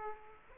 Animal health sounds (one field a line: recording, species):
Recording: mosquito wingbeat signal from an infrared sensor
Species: Aedes aegypti